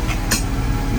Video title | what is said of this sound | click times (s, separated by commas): Jeep Gladiator Spark 405 Bed Conversion | right there see how I hear that click was locking down those locked down | 0.3 s